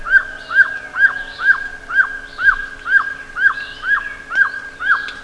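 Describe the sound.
Bird calls: a loud series of short arched notes, about two per second, steady and repeated throughout, with faint higher sounds behind.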